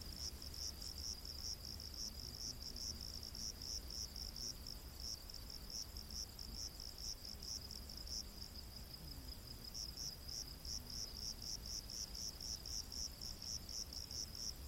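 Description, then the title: Cricket chirps, high-pitched and fast, about four pulses a second, briefly thinning midway before resuming, over a low steady hum. Crickets in a rainforest at night. "Crickets of the Rainforest 🌿. Exotic Insect Orchestra"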